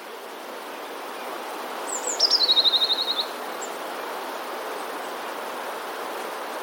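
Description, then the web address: Eurasian blue tit singing one phrase, a couple of high thin notes leading into a quick even trill lasting about a second, against a soft hiss. "wroblowe teka spiew 14. modraszkoteka"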